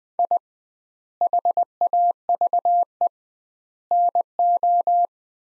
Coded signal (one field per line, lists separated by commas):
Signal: Morse code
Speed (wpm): 20 wpm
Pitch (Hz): 700 Hz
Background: none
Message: I HAVE NO